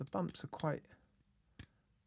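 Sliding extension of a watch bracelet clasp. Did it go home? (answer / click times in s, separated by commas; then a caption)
yes / 1.6 s. Someone talks, then the on-the-fly adjustment slider in a metal watch bracelet clasp is pushed into its next position, giving a second sharp click at 1.6 s. The sliding extension locks into place.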